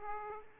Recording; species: mosquito wingbeat signal from an infrared sensor; Aedes aegypti